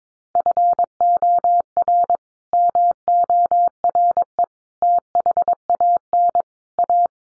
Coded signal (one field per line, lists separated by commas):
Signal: Morse code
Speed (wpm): 22 wpm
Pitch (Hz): 700 Hz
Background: none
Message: FOR MORE THAN A